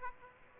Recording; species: mosquito wingbeat signal from an infrared sensor; Aedes aegypti